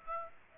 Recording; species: mosquito wingbeat signal from an infrared sensor; Aedes aegypti